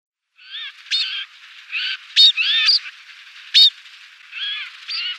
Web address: Schulze Peter Snowfinch calls